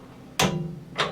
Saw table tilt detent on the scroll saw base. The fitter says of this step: Then it comes back. It has little clicks, too. You can hear it.